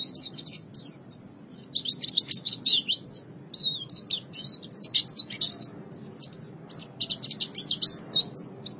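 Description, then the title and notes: White-eye song: a fast, continuous stream of high, thin twittering notes with rapid down-slurred chirps, barely pausing throughout. "Suara kicauan burung pleci"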